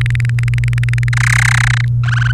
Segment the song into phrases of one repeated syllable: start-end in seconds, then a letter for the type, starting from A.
0.01-1.09 A, 1.13-1.85 B, 2.04-2.33 C